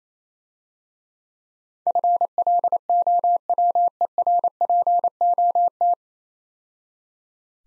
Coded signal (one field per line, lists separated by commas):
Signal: Morse code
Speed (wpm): 28 wpm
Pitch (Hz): 700 Hz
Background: none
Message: FLOWERPOT